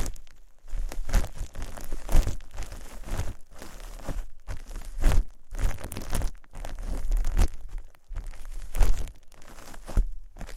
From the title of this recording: Playing With Shaving Cream (Plastic Wrap, Brushing, Massage, Crinkles)